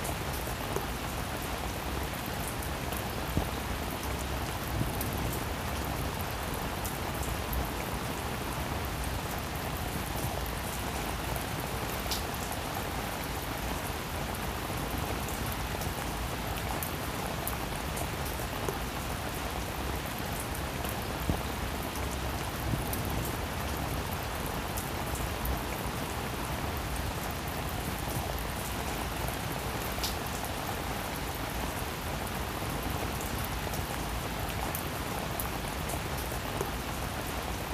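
Steady, dense rain hisses evenly throughout, with scattered drops ticking brightly on a surface and a faint low rumble underneath.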